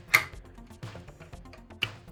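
A plastic wheel piece is pushed into the base panel of a cat exercise wheel over background music, with faint ticks along the way. A sharp, very short click at 1.8 s shows the piece has seated after an earlier try that did not click.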